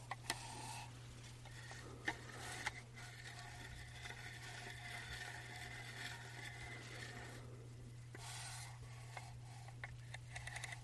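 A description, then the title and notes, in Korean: A trackball mouse rolls with a soft continuous whir and scattered sharp clicks near 0, 2, 2.5 and 8 seconds, over a steady low hum. ASMR 듣기 좋은 트랙볼 마우스 소리.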